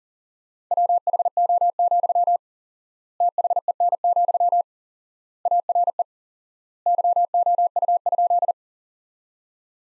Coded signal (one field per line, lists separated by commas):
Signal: Morse code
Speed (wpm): 40 wpm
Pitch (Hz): 700 Hz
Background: none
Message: WHO, THEN, ARE YOU?